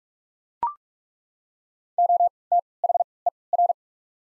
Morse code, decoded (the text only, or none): OTHER